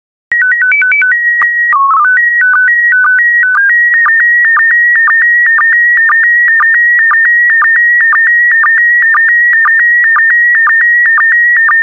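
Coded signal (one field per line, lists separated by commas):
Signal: SSTV (slow-scan television)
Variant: PD 120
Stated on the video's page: PD120-mode SSTV images of World War II planes, prepared for listeners to practise decoding.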